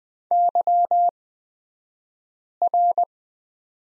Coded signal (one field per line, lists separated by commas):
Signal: Morse code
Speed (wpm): 20 wpm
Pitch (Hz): 700 Hz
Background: none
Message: YR